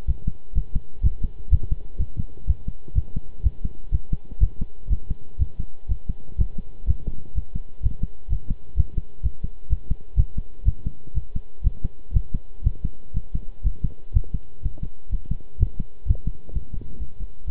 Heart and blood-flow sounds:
heart sounds by stethoscope; between the tricuspid and mitral areas; 124 bpm
0.07 s: heartbeat
0.55 s: heartbeat
1.03 s: heartbeat
1.51 s: heartbeat
1.99 s: heartbeat
2.47 s: heartbeat
2.95 s: heartbeat
3.43 s: heartbeat
3.92 s: heartbeat
4.40 s: heartbeat
4.90 s: heartbeat
5.39 s: heartbeat
5.88 s: heartbeat
6.38 s: heartbeat
6.87 s: heartbeat
7.35 s: heartbeat
7.83 s: heartbeat
8.30 s: heartbeat
8.77 s: heartbeat
9.23 s: heartbeat
9.69 s: heartbeat
10.17 s: heartbeat
10.65 s: heartbeat
11.14 s: heartbeat
11.63 s: heartbeat
12.13 s: heartbeat
12.63 s: heartbeat
13.13 s: heartbeat
13.63 s: heartbeat
14.13 s: heartbeat
14.62 s: heartbeat
15.11 s: heartbeat
15.59 s: heartbeat
16.07 s: heartbeat
16.53 s: heartbeat
17.00 s: heartbeat
17.46 s: heartbeat
From the record:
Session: pedaling a stationary bicycle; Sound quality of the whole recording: good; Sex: male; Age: 23 years

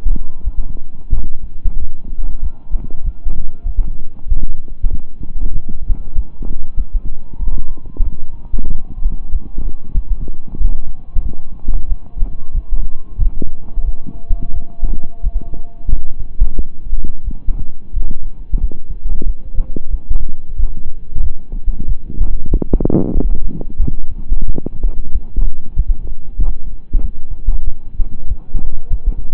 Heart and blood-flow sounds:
heart sounds by stethoscope; between the tricuspid and mitral areas; 93 bpm
0.42 s: heartbeat
1.10 s: heartbeat
1.76 s: heartbeat
2.40 s: heartbeat
3.02 s: heartbeat
3.63 s: heartbeat
4.26 s: heartbeat
4.88 s: heartbeat
5.51 s: heartbeat
6.13 s: heartbeat
6.75 s: heartbeat
7.37 s: heartbeat
8.01 s: heartbeat
8.66 s: heartbeat
9.30 s: heartbeat
9.92 s: heartbeat
10.56 s: heartbeat
11.20 s: heartbeat
11.86 s: heartbeat
12.52 s: heartbeat
13.16 s: heartbeat
13.83 s: heartbeat
14.51 s: heartbeat
15.21 s: heartbeat
15.88 s: heartbeat
16.54 s: heartbeat
17.22 s: heartbeat
17.91 s: heartbeat
18.58 s: heartbeat
19.23 s: heartbeat
19.88 s: heartbeat
20.54 s: heartbeat
21.20 s: heartbeat
21.85 s: heartbeat
22.49 s: heartbeat
23.12 s: heartbeat
23.78 s: heartbeat
24.44 s: heartbeat
25.10 s: heartbeat
25.74 s: heartbeat
26.36 s: heartbeat
26.99 s: heartbeat
27.62 s: heartbeat
28.26 s: heartbeat
28.88 s: heartbeat
From the record:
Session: slow and fast walking with breaks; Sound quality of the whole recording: saturated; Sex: male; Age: 25 years

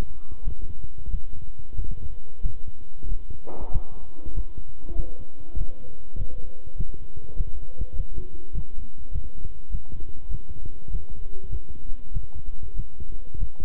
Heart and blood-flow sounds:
heart sounds by stethoscope; between the tricuspid and mitral areas; 97 bpm
0.42 s: heartbeat
1.09 s: heartbeat
1.74 s: heartbeat
2.41 s: heartbeat
3.07 s: heartbeat
3.70 s: heartbeat
4.33 s: heartbeat
4.95 s: heartbeat
5.56 s: heartbeat
6.16 s: heartbeat
6.75 s: heartbeat
7.35 s: heartbeat
7.94 s: heartbeat
8.53 s: heartbeat
9.11 s: heartbeat
9.70 s: heartbeat
10.29 s: heartbeat
10.89 s: heartbeat
11.49 s: heartbeat
12.11 s: heartbeat
12.74 s: heartbeat
13.37 s: heartbeat
From the record:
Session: walking at 3.7 km/h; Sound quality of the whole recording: good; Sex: male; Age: 26 years

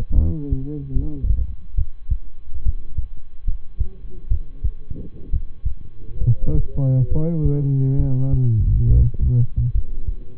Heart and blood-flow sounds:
heart sounds by stethoscope; between the tricuspid and mitral areas; 69 bpm
0.14 s: heartbeat
0.92 s: heartbeat
1.74 s: heartbeat
2.62 s: heartbeat
3.44 s: heartbeat
4.27 s: heartbeat
5.29 s: heartbeat
6.17 s: heartbeat
7.08 s: heartbeat
7.96 s: heartbeat
8.83 s: heartbeat
9.71 s: heartbeat
From the record:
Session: rest, lying down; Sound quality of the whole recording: good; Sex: male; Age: 23 years

